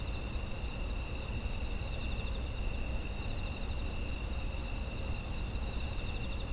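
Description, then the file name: Insects chirping steadily, several overlapping high-pitched trills holding level from start to end, with low rumbling noise beneath. Autumn insect environmental ambience. "秋の虫の環境音"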